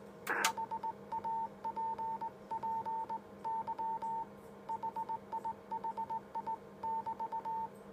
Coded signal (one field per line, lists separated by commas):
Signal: Morse code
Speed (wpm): 19 wpm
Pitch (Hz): 900 Hz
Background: none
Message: HAPPY HIHI<BT>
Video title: Cw contact into japan